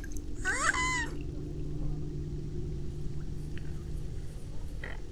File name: butykos hattyu hangja